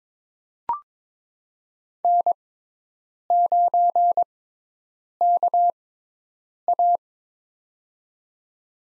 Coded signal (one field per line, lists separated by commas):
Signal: Morse code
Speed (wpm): 22 wpm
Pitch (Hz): 700 Hz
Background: none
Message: N9KA